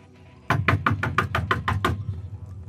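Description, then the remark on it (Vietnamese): Eight quick, evenly spaced dry knocks rap on a wooden door of a three-room house at night in a steady burst, then stop, leaving only a low, faint hum behind. “Tiếng gõ cửa khô khốc vang lên trong màn đêm tĩnh mịch vang khắp ba gian nhà.”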